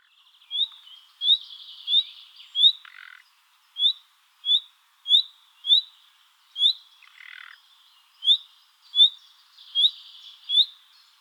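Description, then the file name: Common nightingale giving repeated sharp rising whistles at an uneven pace, interspersed with soft buzzy churring notes and a couple of lower rasping sounds. "Luscinia megarhynchos"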